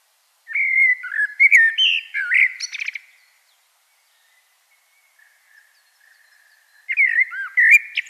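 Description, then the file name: Common blackbird singing a mellow whistled phrase that finishes in thin, scratchy high notes; a second phrase starts after a long pause. "Turdus merula"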